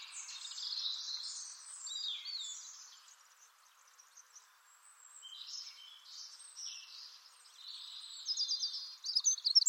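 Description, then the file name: Eurasian wren uttering high, scratchy chirps and rapid trilled notes in uneven bursts, growing louder near the end. "Troglodytes troglodytes"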